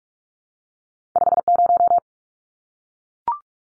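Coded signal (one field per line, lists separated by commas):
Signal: Morse code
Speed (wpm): 44 wpm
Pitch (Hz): 700 Hz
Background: none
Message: 50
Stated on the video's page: Morse drill at 45 wpm: two-digit numbers sent, spoken, then sent again, for head-copy practice.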